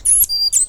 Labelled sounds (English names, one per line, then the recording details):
Stitchbird song
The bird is a male
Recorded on Tiritiri Matangi Island, New Zealand, in 2005
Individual 18, of nest box 26